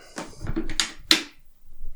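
A plastic dirty water tank is fitted onto the body of a Bissell Spot Clean carpet spot cleaner that is being repaired because it doesn't spray water. Plastic scraping and knocks are heard, including a sharp tap at about 0.8 s, then the tank snaps into place with a loud click at 1.1 s. The tank is seated.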